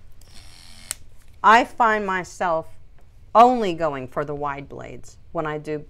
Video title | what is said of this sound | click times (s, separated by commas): DOG Clippers - They Are NOT The Same | You press forward, it locks into place. It's very sturdy. | 0.9 s